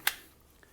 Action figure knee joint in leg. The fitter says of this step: you can feel it click but it just doesn't hold and that's very frustrating see just